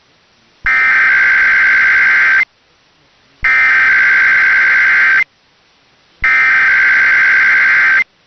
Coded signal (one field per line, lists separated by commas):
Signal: Emergency Alert System (SAME) tones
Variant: header bursts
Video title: San Francisco Monthly Test on KEAR San Francisco, California (Family Radio) (12/12/2023) (EAS #105)